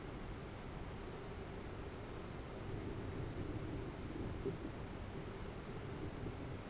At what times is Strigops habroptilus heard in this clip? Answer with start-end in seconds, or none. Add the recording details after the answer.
none. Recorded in New Zealand. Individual Arab